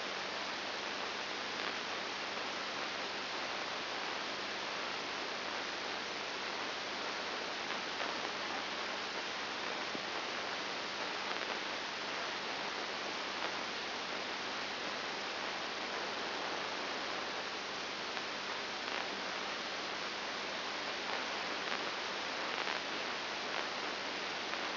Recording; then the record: brain microelectrode recording played as sound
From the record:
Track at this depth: inside the subthalamic nucleus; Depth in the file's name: 4.901 mm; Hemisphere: left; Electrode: 2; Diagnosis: Parkinson's disease